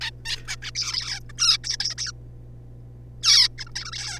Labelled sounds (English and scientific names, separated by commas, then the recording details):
Zebra Finch (Taeniopygia guttata)
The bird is a juvenile
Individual R3549